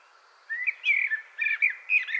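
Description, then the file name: Common blackbird song: a short run of smooth, warbling whistled notes. "Turdus merula"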